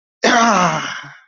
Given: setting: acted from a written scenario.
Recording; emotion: vocal sound without words; triumph